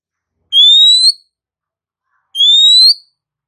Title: Kacer Langsung Tarung Konslet KACER NGOTOT FULL TEMBAKAN. KACER MANAPUN DIJAMIN NYAUT TIDAK PAKEK LAMA DENGAN PIKAT SUARA KACER BETINA INI